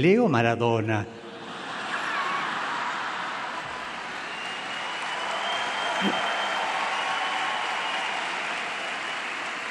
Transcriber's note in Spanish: Risas y aplausos de los participantes